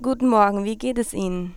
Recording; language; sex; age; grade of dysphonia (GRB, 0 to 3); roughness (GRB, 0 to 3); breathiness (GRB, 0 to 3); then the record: spoken sentence; German; female; 18 to 19 years; 0; 0; 0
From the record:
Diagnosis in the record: healthy voice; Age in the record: 19 years